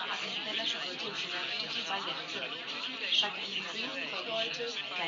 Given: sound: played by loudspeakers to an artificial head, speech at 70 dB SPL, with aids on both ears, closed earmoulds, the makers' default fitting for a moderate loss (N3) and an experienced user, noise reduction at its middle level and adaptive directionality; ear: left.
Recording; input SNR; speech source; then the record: speech test signal (ISTS) in cocktail-party noise; 0 dB; on the right (90 degrees)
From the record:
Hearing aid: class 1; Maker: G